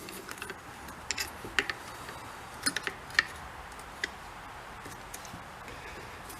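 A screwdriver bit is turned against seized screw heads on a Yamaha Kodiak ATV and keeps camming out instead of turning them. Sharp, brief metallic clicks land at about 1.1, 1.6 and 3.2 seconds, with fainter ones near 2.7, 2.8 and 4.0 seconds, over a low steady background. The screws do not turn, and their heads are stripped.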